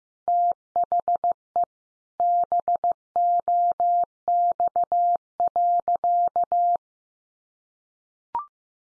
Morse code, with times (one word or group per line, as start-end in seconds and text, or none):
0.3-1.6 THE
2.2-6.8 BOX.